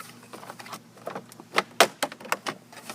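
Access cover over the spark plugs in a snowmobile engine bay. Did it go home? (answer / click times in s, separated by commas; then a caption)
released / 1.8 s. The access cover over the spark plugs in a two-stroke snowmobile's engine bay is pulled out by hand to reach the plugs. A quiet rustle leads into a series of sharp knocks around 1.6, 1.8, 2.0 and 2.3 seconds. The loudest, at 1.8 seconds, is the cover popping out and coming free.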